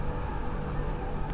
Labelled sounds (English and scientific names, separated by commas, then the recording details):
Tree Pipit (Anthus trivialis)
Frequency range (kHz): Tree Pipit (Anthus trivialis) 4.8-6.0 kHz
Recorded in France